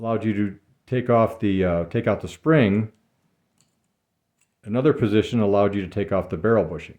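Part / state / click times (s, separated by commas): barrel bushing into pistol slide / not seated / none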